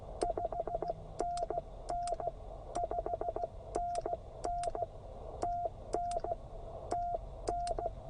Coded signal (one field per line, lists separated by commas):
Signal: Morse code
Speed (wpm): 14 wpm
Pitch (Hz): 690 Hz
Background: radio noise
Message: 5NN 5NN TN TN